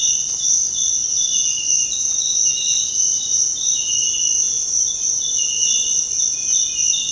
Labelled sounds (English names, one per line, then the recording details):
none
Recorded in dense forest near Puerto Asís, Putumayo, Colombia, on 19 February 2024 at 06:00
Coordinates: 0.472, -76.329
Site G6394